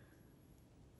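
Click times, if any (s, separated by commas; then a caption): none. A Rottweiler plastic fuel dongle connector is being handled and pushed toward the O2 sensor wiring harness connector of a Husqvarna 701 Enduro LR motorcycle, where the O2 sensor plug was; the connector has a one-way locking tab. Only a steady, low broadband rustle of handling is heard, with no distinct click. Nothing has seated or clicked yet.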